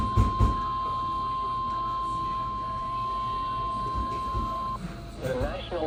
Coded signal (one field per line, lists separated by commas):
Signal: Emergency Alert System (SAME) tones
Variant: 1050 Hz attention tone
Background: speech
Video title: Snow Squall Warning for Coastal Maine (EAS #1,551-1,552)